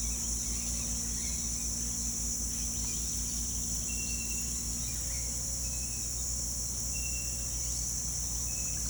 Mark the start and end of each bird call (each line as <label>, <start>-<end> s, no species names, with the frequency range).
bird call (1.8-4.6 kHz), 0.00-0.88 s
bird call (2.3-3.1 kHz), 3.86-4.45 s
bird call (2.3-3.1 kHz), 6.90-7.45 s
bird call (2.2-3.0 kHz), 8.44-8.73 s